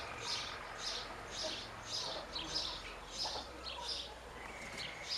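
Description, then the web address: Bird calls: high, scratchy chirps repeated quickly, nearly two per second, over faint background noise. "cianscape birddata Deverinetal 2025 Bird Only Co Pa"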